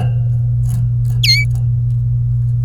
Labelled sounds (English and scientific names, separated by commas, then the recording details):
Domestic Canary (Serinus canaria) song
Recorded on 23 April 2018 at 15:15
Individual llb3